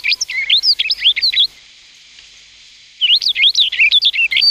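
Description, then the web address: Rustic bunting song: a quick melodious warbled phrase, a pause of about one and a half seconds, then another similar phrase. "sikioto. kashiradaka"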